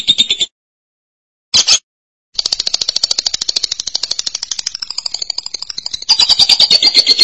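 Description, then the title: Lovebird with two short harsh bursts, then a long rapid rattling chatter that fades slightly and returns louder near the end. "BM Suara Burung Lovebird"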